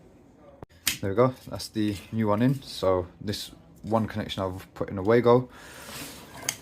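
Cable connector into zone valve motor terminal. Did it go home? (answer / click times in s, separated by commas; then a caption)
yes / 6.5 s. While refitting a zone valve motor to stop a buzzing noise, the second cable connector is pushed into its terminal on the motor as someone talks. A single sharp click at 6.5 s marks the connector locking into place, fully seated.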